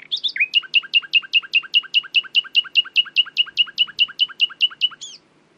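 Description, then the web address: Common nightingale song: brief opening notes followed by a long, very regular series of many loud repeated chirps, finishing with a rising whistled note. "owen Common Nightingale (Luscinia megarhynchos)"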